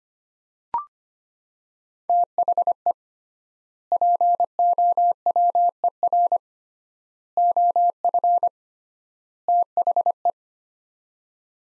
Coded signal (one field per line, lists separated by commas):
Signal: Morse code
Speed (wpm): 25 wpm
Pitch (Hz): 700 Hz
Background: none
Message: THE POWER OF THE